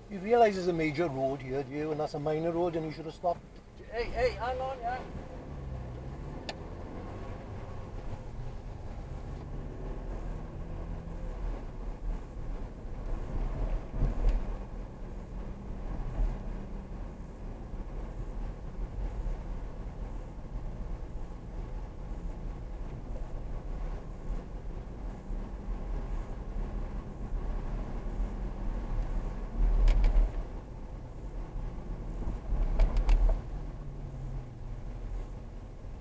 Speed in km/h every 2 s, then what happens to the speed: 0, 6, 21, 27, 34, 39, 40, 40, 39, 37, 37, 42, 44, 39, 37, 32, 27, 32.
0-10 pulls away to 39. 10-20 steady at about 39. 20-25 speeds up to 44. 25-31 slows to 27.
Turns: none.